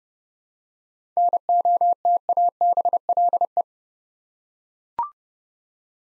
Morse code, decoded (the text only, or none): NOTABLE